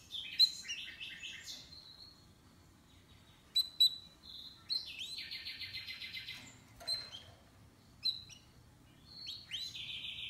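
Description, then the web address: Canary singing in short bursts of trilled notes and a rolling buzzy trill, separated by quiet gaps, over a soft low hum. "Golchin Best Canari Seda Canari. Niyaz Music)"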